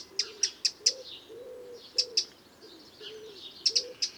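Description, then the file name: Eurasian wren uttering sharp, high tick notes in short irregular groups, with soft low cooing phrases repeating underneath. "Troglodytes troglodytes"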